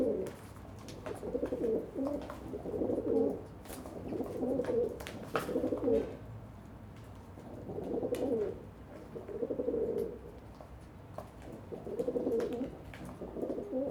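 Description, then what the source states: Pigeon cooing repeated steadily, about eight low, rolling phrases each a second or so long, with scattered soft clicks between. Several pigeons on a balcony in Saint-Gilles, Belgium, cooing and fighting with wing beats; recorded with Sony PCM-D100 internal microphones in wide position.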